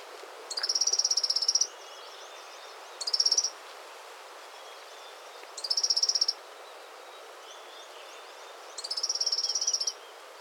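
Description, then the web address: Green-throated sunbird calling in four high, buzzy trilled bursts of under a second to about a second each, spaced a few seconds apart over a steady background hum. "green throated sunbird"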